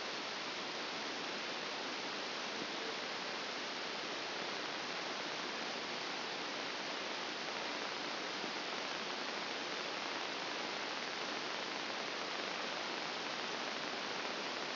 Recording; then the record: brain microelectrode recording played as sound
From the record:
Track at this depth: outside the subthalamic nucleus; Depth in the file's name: 0.581 mm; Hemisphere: left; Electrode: 2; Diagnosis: Parkinson's disease